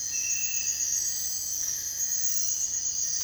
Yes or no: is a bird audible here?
no